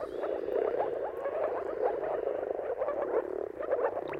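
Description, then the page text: Moor frogs produce a dense, muffled bubbling chorus of short, overlapping calls, with no other clear sounds. Moor frogs giving mating calls in a dawn chorus at sunrise, at the turn of March and April depending on the weather; recorded by Jakub Orzecki. "Jakub-Orzecki moor frogs. Dawn’s Chorus: Mating Calls of Marsh Frogs at Sunrise. Depending on the weather at the turn of March and April, you can witness an amazing spectacle of moor frogs"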